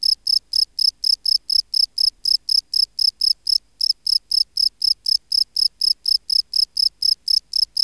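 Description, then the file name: Field cricket giving a long even train of bright, ringing chirps at about four per second, with a couple of short hitches; background quiet. "Gryllus campestris"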